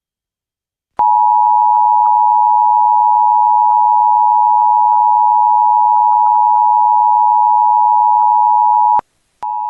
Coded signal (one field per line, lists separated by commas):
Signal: Emergency Alert System (SAME) tones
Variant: 853 and 960 Hz attention tone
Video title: EAS - Civil Danger Warning during Scaredy Squirrel (July 29th, 2025, Jones XD Hawaii)